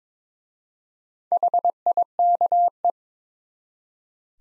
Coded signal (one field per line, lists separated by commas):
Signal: Morse code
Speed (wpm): 23 wpm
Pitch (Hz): 700 Hz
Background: none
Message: HIKE